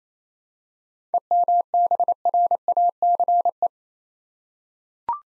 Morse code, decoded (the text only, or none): EMBRACE